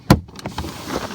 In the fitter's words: we'll lock them all in across here then